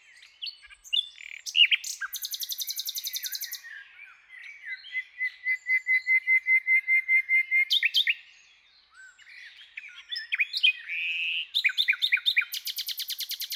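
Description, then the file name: Common nightingale song: varied phrases including a high rattling burst, a long series of pure whistled notes repeated steadily at one pitch, then rapid trills. "Luscinia megarhynchos"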